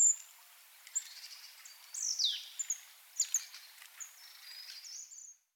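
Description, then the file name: Marsh tit giving high, thin notes and a few steep descending sweeps, loosely spaced across the few seconds, with soft hiss behind. "Poecile palustris"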